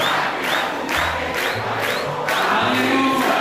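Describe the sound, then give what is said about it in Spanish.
A loud crowd shouting insults and jeering continuously at a speaker, overlapping voices forming a dense roar with repeated rising yells and whoops, no single clear speaker. “Los gritos, los insultos, no hablan de mí, hablan de ustedes, señores.”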